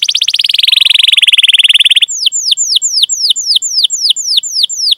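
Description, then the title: Canary singing a long rapid rolling trill for two seconds, then switching to a series of downslurred whistled notes about four per second. Canary singing actively (gacor), with its best song style (cengkok) and rich fill-in phrases (isian), as prized by songbird hobbyists. "Kenari Gacor Cengkok Terbaik Isian Paling Mewah Kenarigacor Kicaumania Kenari"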